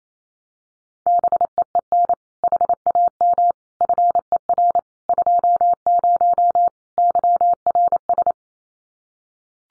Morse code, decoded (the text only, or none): BEEN HAM FER 20 YRS